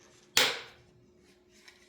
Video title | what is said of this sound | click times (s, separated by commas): How to fix a Dyson Animal vacuum! #vacuum #vacuumcleaner #diy #whoknew | There you heard the snap. It's in place. | 0.4 s